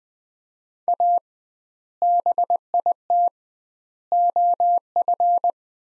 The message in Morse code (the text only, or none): A BIT OF